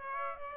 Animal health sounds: mosquito wingbeat signal from an infrared sensor; Aedes aegypti

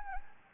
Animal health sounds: mosquito wingbeat signal from an infrared sensor; Anopheles gambiae

